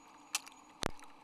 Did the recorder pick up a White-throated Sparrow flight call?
no